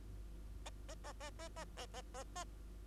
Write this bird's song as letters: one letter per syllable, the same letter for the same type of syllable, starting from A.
A A A A A A A A A A